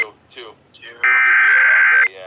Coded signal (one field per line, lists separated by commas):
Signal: Emergency Alert System (SAME) tones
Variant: header bursts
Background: speech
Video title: Oregon's RMT (EAS #3299-3304)